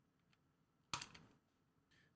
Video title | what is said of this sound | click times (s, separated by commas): Samsung Galaxy S22 Ultra WhiteStone Dome Premium Screen Protector Installation! | your frame here and it will snap right into place we | 0.9 s